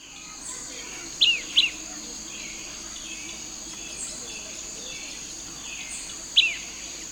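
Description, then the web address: Red-billed tyrannulet calls: three brief, sharp high notes, two close together then one alone, over a steady insect drone. Recorded in Ecuador. "Birds of Ecuador 3-06 Red-Billed Tyrannulet"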